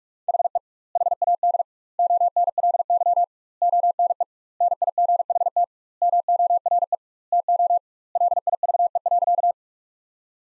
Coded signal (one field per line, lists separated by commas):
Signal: Morse code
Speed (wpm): 43 wpm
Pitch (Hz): 700 Hz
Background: none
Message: HE HAD ONLY ONE NIGHT MORE TO LIVE.